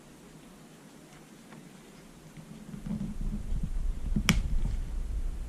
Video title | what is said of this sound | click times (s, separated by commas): Traxxas latrax Teton front and rear differential ￼Maintenance￼ | Little click, you're good to go. | 4.3 s